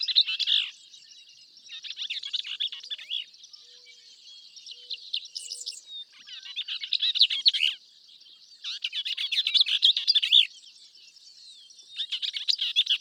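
Bell's vireo giving rapid, scratchy, jumbled phrases separated by short pauses, over a steady high hiss of background sound.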